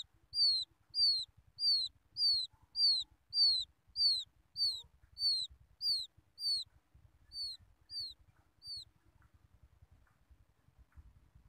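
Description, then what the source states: Quail chick calling a run of loud, high, down-slurred peeps at an even pace, fading toward the end before the calls stop. Chick calling its mother.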